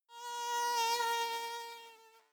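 Mosquito buzz: a steady, thin, high whine with rich overtones, swelling in loudness and then fading away over about two seconds, with nothing else heard.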